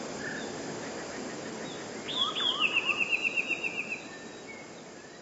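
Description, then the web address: Eurasian blue tit song: two thin high notes, then a fast, even trill of several bright notes over steady background hiss. "wroblowe teka 2 spiew 3. modraszkoteka"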